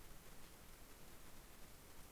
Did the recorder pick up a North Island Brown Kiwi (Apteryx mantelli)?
no